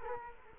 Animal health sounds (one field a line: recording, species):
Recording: mosquito wingbeat signal from an infrared sensor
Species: Culex quinquefasciatus